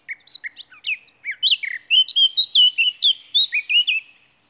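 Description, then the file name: Eurasian blackcap song, a short scratchy warble that quickly turns into loud, clear, flute-like whistled notes, each sliding up and down, delivered rapidly with no other sounds. "Sylvia atricapilla"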